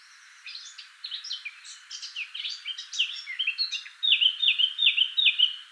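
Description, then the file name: Eurasian blackcap song: a hurried, chattering warble that breaks into four loud, clear, repeated downslurred whistles. "Sylvia atricapilla"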